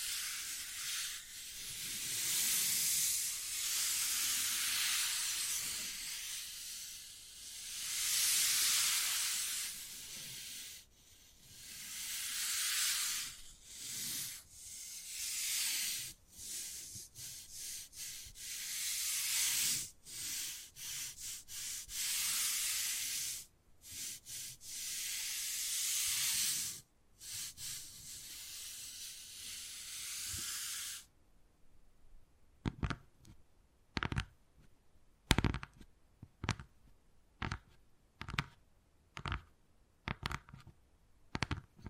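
Wood carving sounds: for about thirty seconds, rough scraping and rasping strokes come in uneven bursts, bright and dense, with brief gaps between passes. After that the scratching stops and sharp, separate taps ring out at a fairly regular pace until the end.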